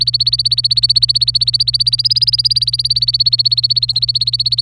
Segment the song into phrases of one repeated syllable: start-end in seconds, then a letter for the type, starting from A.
0.00-4.62 A